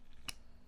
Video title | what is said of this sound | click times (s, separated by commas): Crawford Performance Mirror Light Install and Initial Impressions | there's that click | 0.3 s